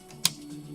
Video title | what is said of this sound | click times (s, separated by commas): Retro Friday S1E8 Computer motherboards will they work pt 2 | there like that I like it when they snap in place like that | 0.2 s